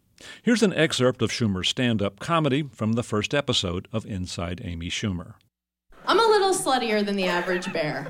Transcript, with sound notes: Here's an excerpt of Schumer's stand-up comedy from the first episode of "Inside Amy Schumer."
(SOUNDBITE OF TELEVISION PROGRAM)
I'm a little sluttier than the average bear.